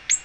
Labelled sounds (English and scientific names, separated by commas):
Ovenbird (Seiurus aurocapilla) flight call